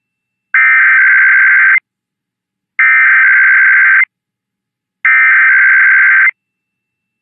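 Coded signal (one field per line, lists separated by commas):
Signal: Emergency Alert System (SAME) tones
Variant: header bursts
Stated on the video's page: IPAWS weekly tests from the Mountain and Pacific time zones, received on two stations.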